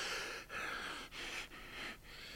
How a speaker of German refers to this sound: Er keucht, als er wieder aufrecht steht. Seitenstiche. Warum lief ich auch so?